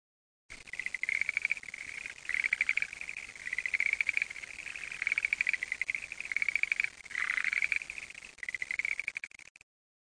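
Frog calling in long trilled bursts, a rapid buzzy pulsing held steady at one pitch, each run lasting about a second with brief gaps between.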